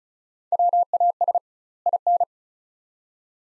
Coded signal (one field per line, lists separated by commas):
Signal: Morse code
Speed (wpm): 36 wpm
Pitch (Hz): 700 Hz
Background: none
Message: WAS IN